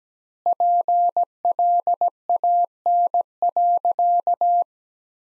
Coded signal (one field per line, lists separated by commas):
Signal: Morse code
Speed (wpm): 17 wpm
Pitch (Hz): 700 Hz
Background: none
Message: PLAN.